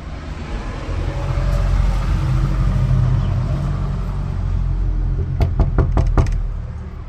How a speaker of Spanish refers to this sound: Vive casi en el mismo barrio el gaucho, así que le golpeé la puerta.